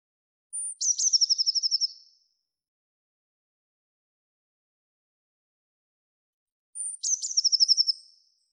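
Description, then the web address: Eurasian blue tit giving two calls six seconds apart, each a sharp high whistle followed by a quick, slightly descending churr of repeated pulses. "cianscape birddata Deverinetal 2025 File cleaned normalized Bird Cy Ca"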